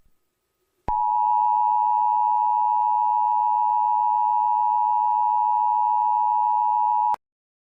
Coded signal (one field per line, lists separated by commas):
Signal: Emergency Alert System (SAME) tones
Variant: 853 and 960 Hz attention tone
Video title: EAS Scenario #3 - The Lightspeed Megatornado